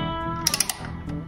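A torque wrench set to 5 Nm tightens the second stem bolt over a carbon compression plug in a carbon steerer tube, with guitar music playing underneath. The wrench gives a sharp click at 0.5 s, followed by another brief sharp sound at 0.6 s, confirming it has clicked off at 5 Nm.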